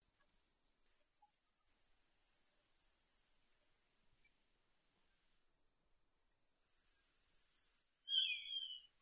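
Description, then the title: Bird song: two bursts of very high, quick hooked notes, about ten per burst, separated by a pause of under two seconds, with a short lower whistle near the end. "LuckyPassaros CompletosSama"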